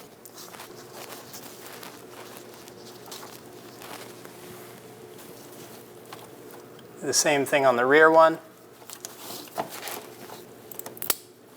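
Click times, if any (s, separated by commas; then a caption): 11.0 s, 11.1 s. Someone talks while the rear fuel line quick connector is pushed onto the top of the fuel pump module of a 2003–2025 Chevrolet Express 2500, with faint handling noises underneath. A pair of sharp clicks at 11.0 and 11.1 seconds marks the connector seating in place.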